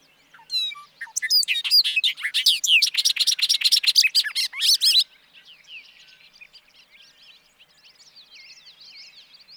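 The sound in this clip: Bobolink song: a bubbly jumble of fast metallic notes bursting out for several seconds, then faint soft chatter.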